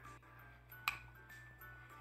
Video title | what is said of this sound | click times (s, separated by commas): My YouTube Stream | it does a little click yeah | 0.9 s